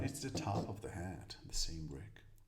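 Someone talks while handling a round red plastic LEGO brick that is about to be pressed onto the studs of a hat piece as the top of a clown's hat. The brick has not seated or clicked onto the studs yet.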